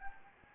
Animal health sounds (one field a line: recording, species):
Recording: mosquito wingbeat signal from an infrared sensor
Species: Anopheles gambiae